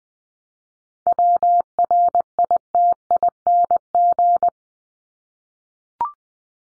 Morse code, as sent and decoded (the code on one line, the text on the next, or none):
.-- .-. .. - .. -. --.
WRITING